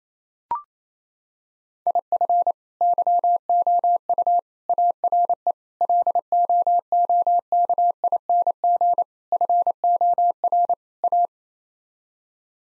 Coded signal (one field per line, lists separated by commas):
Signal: Morse code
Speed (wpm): 28 wpm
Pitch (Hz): 700 Hz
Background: none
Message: IF YOU ARE LOOKING FOR A